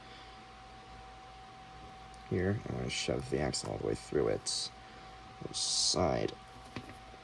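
Someone talks while handling a red 2-long plastic LEGO axle that is about to be shoved all the way through a LEGO Technic part. Only faint handling sounds are heard, and nothing has seated or clicked into place yet.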